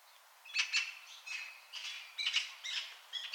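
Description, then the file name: Eurasian magpie call: a rough, grating series of several harsh notes, spaced unevenly with short gaps. "Pica pica"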